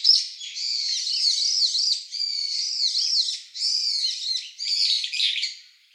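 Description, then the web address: Brown-eared bulbul calling continuously with shrill, wavering squeals and harsh screechy notes in several long phrases, high-pitched throughout. Recorded 3 December 2016. "birdenaga hiyodori 161203"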